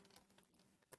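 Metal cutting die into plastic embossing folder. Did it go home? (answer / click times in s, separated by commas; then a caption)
yes / 0.9 s. A thin metal hybrid cutting die is moved around inside a plastic embossing folder while being fitted, making soft rustling and light taps near 0.2 and 0.4 seconds. It snaps into place with a sharp click at 0.9 seconds, and the die is seated.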